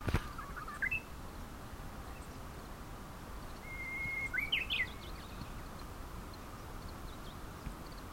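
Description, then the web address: Japanese bush warbler song, a short whistled phrase, then a long level whistle ending in an abrupt twisting flourish, over constant low noise. Recorded on 25 November 2020. "sangamaki uguisu"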